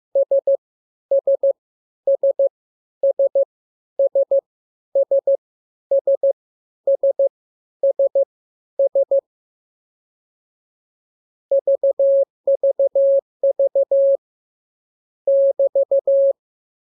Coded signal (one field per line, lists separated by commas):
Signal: Morse code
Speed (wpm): 15 wpm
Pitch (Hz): 550 Hz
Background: none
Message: S S S S S S S S S S VVV <BT>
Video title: Learning Morse Code. Lesson 5. Letter KMURES